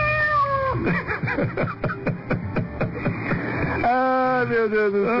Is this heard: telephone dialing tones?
no